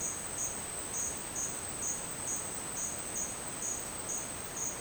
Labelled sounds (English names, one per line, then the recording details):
none
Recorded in dense forest near Puerto Asís, Putumayo, Colombia, on 29 June 2025 at 10:30
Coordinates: 0.484, -76.317
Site G045